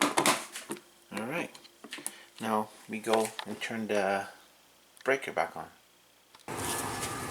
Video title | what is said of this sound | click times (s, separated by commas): Nest Thermostat Install Failed | nest down with that and push it into the base make sure it clicks | 0.0 s